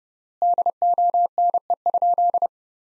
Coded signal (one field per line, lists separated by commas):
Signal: Morse code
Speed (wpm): 30 wpm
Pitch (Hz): 700 Hz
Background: none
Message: DONE?